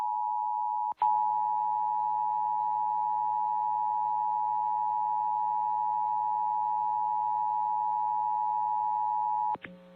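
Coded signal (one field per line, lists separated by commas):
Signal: Emergency Alert System (SAME) tones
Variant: 853 and 960 Hz attention tone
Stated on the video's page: Three South Dakota Required Monthly Tests relayed via KOLY, KBRK and KORN, shown with WeatherSTAR 4000.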